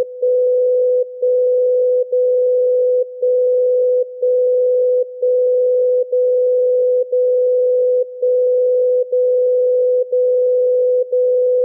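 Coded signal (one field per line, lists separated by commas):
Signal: radio time signal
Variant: DCF77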